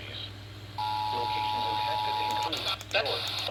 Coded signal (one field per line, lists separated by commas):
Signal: Emergency Alert System (SAME) tones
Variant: 853 and 960 Hz attention tone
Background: speech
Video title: Dark n Stormy Night. | EAS Alerts from 9/21-22/24 | EAS#1,518-1,582